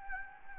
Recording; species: mosquito wingbeat signal from an infrared sensor; Anopheles arabiensis